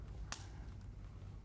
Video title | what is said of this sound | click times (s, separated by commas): Top-Emitting Neoloop (N2) DIY Back-to-Back Connector Installation | and you'll hear a positive latch when you've made a good connection | 0.3 s